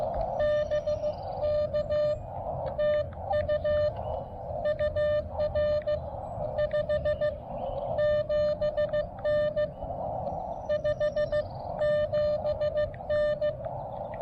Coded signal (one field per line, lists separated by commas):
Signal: Morse code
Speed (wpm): 15 wpm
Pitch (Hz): 600 Hz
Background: none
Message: BK TU UR 57N 57N